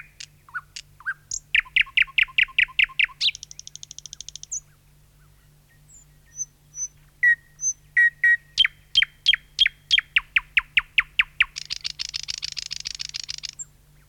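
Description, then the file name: Thrush nightingale singing in varied phrases: rapid chopping series, a buzzing rattle, pauses with thin whistles, a string of loud notes and a closing harsh trill. "satakieli"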